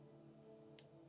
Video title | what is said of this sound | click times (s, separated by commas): Achieve Pro Level Videos with NEEWER iPhone 15 Pro Max Cage | bam you heard that click | 0.8 s